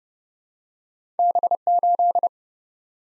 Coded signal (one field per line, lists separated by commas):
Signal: Morse code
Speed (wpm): 30 wpm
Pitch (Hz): 700 Hz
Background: none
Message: B8